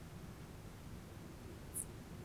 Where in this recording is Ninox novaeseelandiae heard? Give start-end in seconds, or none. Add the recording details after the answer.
none. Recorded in New Zealand on 1 June 2017. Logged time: 19:46. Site Taranaki